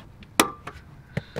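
The center of a plastic push-pin retainer holding an underbody plastic splash panel is pushed in so the panel can come off. One sharp, loud click is heard at 0.4 s, followed by fainter ticks around 0.7, 1.2 and 1.4 s. The clip is released.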